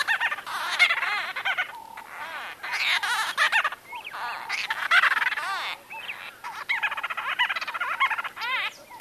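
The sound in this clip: White-fronted bee-eaters calling in a busy chorus, overlapping nasal, arched chirps and trills running almost continuously with brief pauses.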